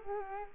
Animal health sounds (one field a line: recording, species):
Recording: mosquito wingbeat signal from an infrared sensor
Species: Culex quinquefasciatus